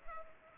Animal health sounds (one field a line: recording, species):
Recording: mosquito wingbeat signal from an infrared sensor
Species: Culex pipiens